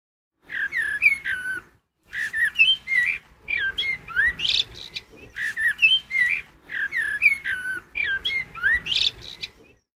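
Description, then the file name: Eurasian blackbird singing: a series of mellow, fluty phrases with some high, squeaky notes, separated by short pauses. "Grundschul blog Anoki Sach Audio Amsel"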